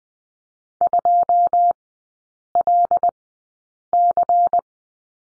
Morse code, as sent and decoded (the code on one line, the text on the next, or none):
..--- .-.. -.-.
2LC